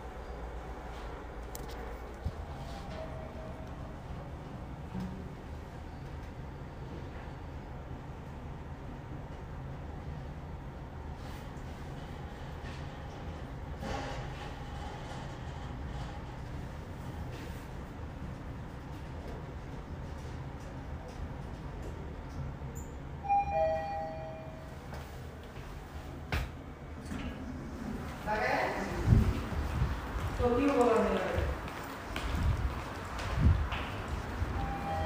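A steady low rumble of a bus engine fills the ride, with a constant drone and occasional clunks and rattles. Brief high tones sound around 23 seconds, and after about 28 seconds the noise grows rougher and louder with shifting engine pitch.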